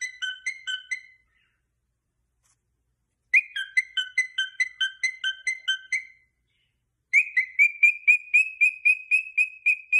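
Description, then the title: Cockatiel trilled whistles, rapid bouncing series of short notes in three bursts, the last a fast even run of repeated whistles. Several cockatiels singing and whistling. "Calopsitas Cantando Assobio"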